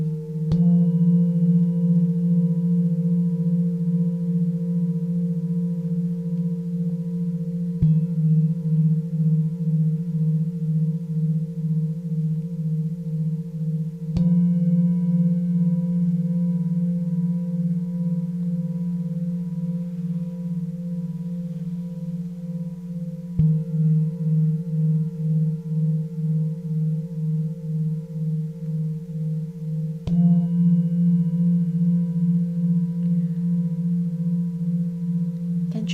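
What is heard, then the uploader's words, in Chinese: A singing bowl is struck about every seven seconds, each strike ringing into a steady, slowly pulsing low hum that sustains between strikes. 心輪頌缽音。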